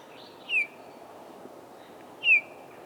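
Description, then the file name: Eurasian bullfinch calls: two soft, piping notes sliding downward, about two seconds apart, over a steady low background hiss. "Pyrrhula pyrrhula"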